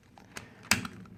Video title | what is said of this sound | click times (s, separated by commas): Redcat R/C Car Spur Gear Swap | There you go. Snaps right into place. | 0.7 s